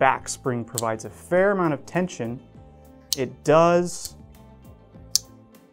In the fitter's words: open and close, meaning that it snaps into place and